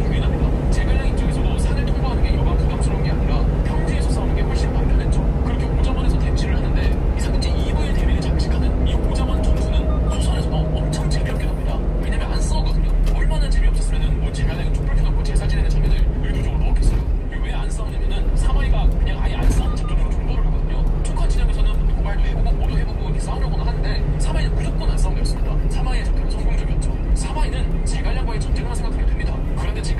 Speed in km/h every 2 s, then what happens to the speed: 84, 84, 82, 79, 68, 52, 46, 45, 43, 43, 43, 44, 43, 41, 40.
0-11 slows to 46. 11-30 steady at about 43.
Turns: none.